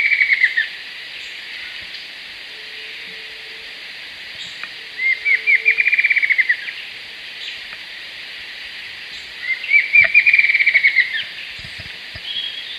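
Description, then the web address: Bird delivering quick stuttering trill bursts at the start, midway and later on, spaced roughly five seconds apart, over constant hiss. "BIRD SABIOD bird"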